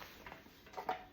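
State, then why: Released. On a TM7 kitchen machine, the small release on the mixing bowl's blade assembly is pressed so the blade can be taken out for cleaning. A faint tap comes at 0.3 s, then a short, sharp click at 0.9 s, and the blade assembly is released.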